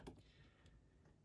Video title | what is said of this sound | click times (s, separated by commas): 3D printed Wireless Bicycle Indicator System Assembly Video | will snap into place now | 0.1 s